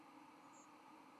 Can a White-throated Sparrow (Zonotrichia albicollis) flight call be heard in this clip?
no